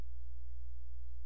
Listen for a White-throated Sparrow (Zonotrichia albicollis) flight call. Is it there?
no